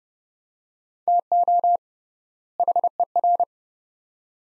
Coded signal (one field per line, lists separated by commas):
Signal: Morse code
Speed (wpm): 30 wpm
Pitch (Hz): 700 Hz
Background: none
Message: TO HER